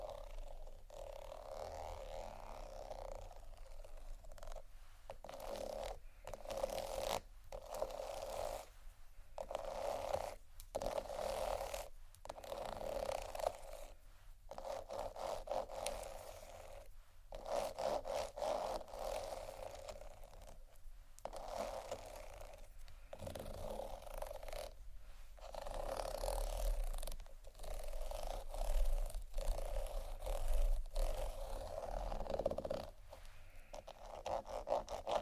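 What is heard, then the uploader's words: Tapping and scratching on bags goes on almost without pause, a dense, rough, crinkly rustle that stays fairly even in loudness. Short silent gaps break it up every second or two, and a low rumble sits underneath throughout. ASMR Tappingscratching Galore 4 Bags (No Talking).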